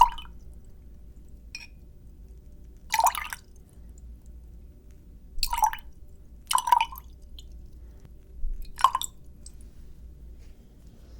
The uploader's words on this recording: ASMR MISTY WATER TRIGGERS (WET ASMR).